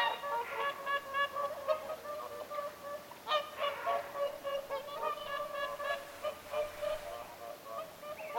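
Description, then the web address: Whooper swans trumpeting continuously, many overlapping nasal honks held at a steady pitch throughout. Several whooper swans calling at Lintulahti on 6 November 2025. "paivat 6 11 2025 laulujoutsenten aantelya lintulahdella"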